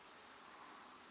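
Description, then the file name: European robin giving a single very high, thin, short note against a quiet background. "Erithacus rubecula"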